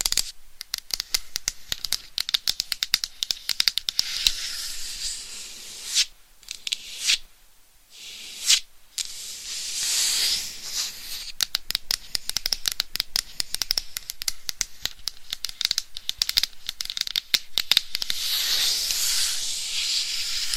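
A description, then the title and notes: Bright scratching and rapid tapping on a microphone, dense and crackly like crinkling paper, with brief pauses near six and eight seconds. ASMR Binaural Mic Scratching & Tapping for 100% SLEEP No Talking with Long Nails.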